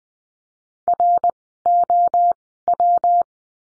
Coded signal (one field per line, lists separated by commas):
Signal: Morse code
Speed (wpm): 20 wpm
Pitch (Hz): 700 Hz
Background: none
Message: ROW